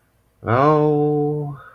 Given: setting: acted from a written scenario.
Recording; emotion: vocal sound without words; neutral